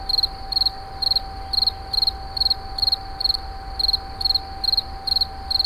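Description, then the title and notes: Insect chirps, sharp and high, each made of a few quick pulses, repeating about twice a second over a humming background. Recorded in 2011 near a wastewater treatment plant at Moulins-sur-Allier. "Insect near WWTP. 2011, Moulins sur allier"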